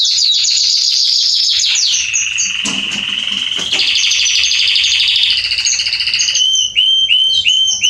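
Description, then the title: Belgian canary song: long rapid trills high in pitch, a sustained rolling tour that drops to a lower trill, then bright repeated upswept notes. Male Belgian canary singing a lot, used for warming up and training young canaries. "Canary Training 17 Esquente Seu Filhote E Canario Belga Em 30 Minutos Macho Cantando Muito. CANTO DO CANRIO"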